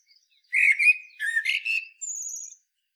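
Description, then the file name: Common blackbird, a single song phrase: rich fluted warbling followed by a scratchy twitter, ending on a thin high drawn-out squeak. "Turdus merula"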